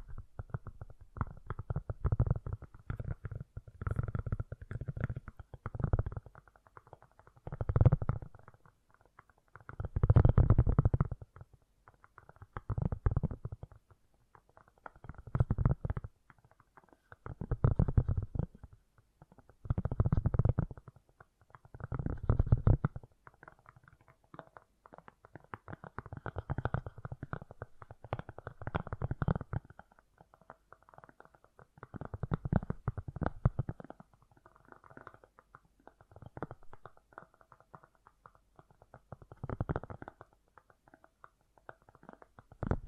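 Fast, gentle tapping runs in bursts lasting a few seconds each, separated by short quieter gaps, roughly every two to three seconds. The taps are soft and dense with a low, muffled thump, and little sound above the midrange.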